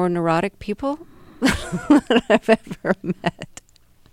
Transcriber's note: laughs